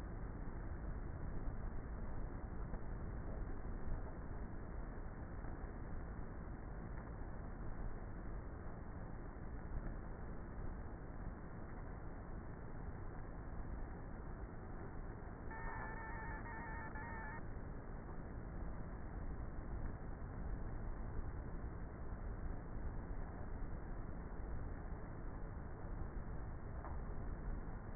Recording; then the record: honeybee colony, microphone inside the hive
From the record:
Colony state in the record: queenless with a low population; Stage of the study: before two queens were removed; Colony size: about 30,000 bees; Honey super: no